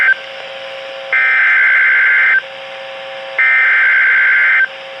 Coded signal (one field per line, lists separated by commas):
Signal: Emergency Alert System (SAME) tones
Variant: header bursts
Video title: Severe Thunderstorm Warning (NWR EAS Alert #1,722-1,723)